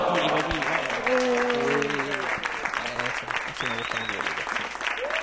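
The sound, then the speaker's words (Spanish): A burst of steady, dense clapping runs throughout, with voices calling out and talking over the applause. “Un aplauso para él.”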